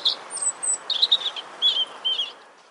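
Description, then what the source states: Robin song: thin, high whistled phrases and short sharp notes in scattered bursts, with brief pauses between them. Robin singing in a city; research shows some city birds are changing their songs.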